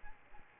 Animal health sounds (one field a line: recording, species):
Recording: mosquito wingbeat signal from an infrared sensor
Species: Aedes albopictus